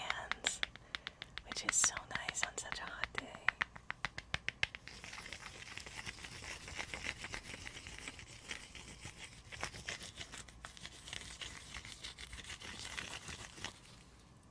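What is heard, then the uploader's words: Icy frozen triggers. For the first five seconds, sharp crisp taps come in quick bursts; then a dense, bright, crackling scratch takes over and runs steadily to the end, with a few louder clicks near ten and thirteen seconds. ASMR icy frozen triggers // tapping and scratching.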